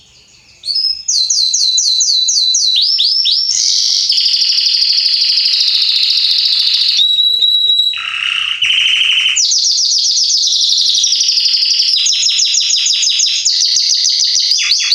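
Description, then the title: Belgian canary singing nonstop after a brief quiet start, chaining fast repeated notes, rolling trills and slurred whistles in quickly changing high phrases. Male Belgian canary singing a lot, meant to warm up young canaries; salsa estourado song style. "Esquente Seu Filhote E Canario Belga Macho Cantando Muito. Canrio Belga Salsa Estourado - Esquente"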